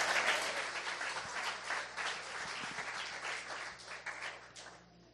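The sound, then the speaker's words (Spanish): An audience applauds in praise of God, dense overlapping claps forming a loud, sustained wash of noise that holds for about five seconds before thinning slightly at the end. “Alaba a alguien a Dios y le da un aplauso y le dice, Señor, yo quiero vivir por tu palabra.”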